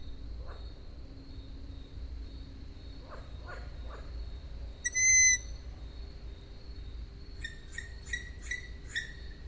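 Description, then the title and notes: Owl calls: a single clear whistled squeak, then a quick series of five short squeaky notes, with faint knocks earlier and a steady high hiss. Owls, more than one, recorded at Židlochovice. "Sovy, Židlochovice, natočeno. Sovy v Židlochovicích, nahrál Tomáš Šenkyřík"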